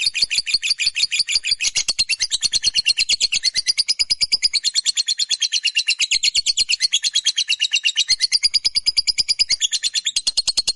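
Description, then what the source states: Lovebird pouring out a long continuous chatter of rapid, high, buzzy pulses, slightly wavering in pitch throughout. Fighter-type lovebird giving a long chatter, called ngekek panjang.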